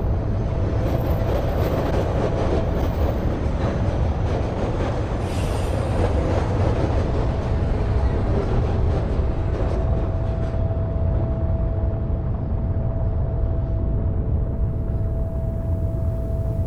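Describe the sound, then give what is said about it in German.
A subway train rumbles loudly along a platform with a steady electric whine, its hissing, rattling top end fading after about ten seconds as it slows and settles into a low hum. “Die Zugtüren öffnen sich automatisch.”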